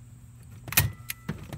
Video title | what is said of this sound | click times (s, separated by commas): Wheelchair Disc Brakes from ADI | just pretty much Pops in just like a normal um normal wheel and axle wood | 0.8 s